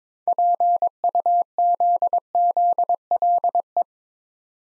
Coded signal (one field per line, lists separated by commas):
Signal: Morse code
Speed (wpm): 21 wpm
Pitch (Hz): 700 Hz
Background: none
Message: PUZZLE